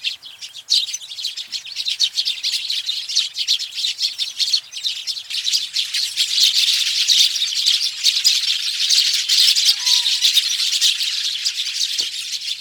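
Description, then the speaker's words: Eurasian tree sparrows chattering: dense, continuous high chirps and twitters from several birds overlapping without pause throughout. Tree sparrows' sparrow-like chattering, kept up hour after hour, just after five in the morning in July, at the edge of a large field by a river. "Tässä pikkuvarpuset ovat äänessä seuraavana aamuna heti viiden jälkeen."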